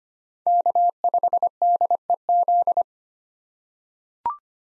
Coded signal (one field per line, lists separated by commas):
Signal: Morse code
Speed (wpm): 25 wpm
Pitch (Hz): 700 Hz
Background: none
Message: K5DEZ